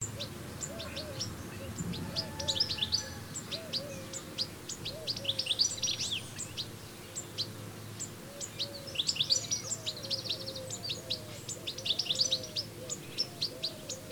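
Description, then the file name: European goldfinch calls, a lively stream of high, liquid chirps and twitters in bursts, accompanied by low, wavering whistled notes and faint background rumble. "Carduelis carduelis"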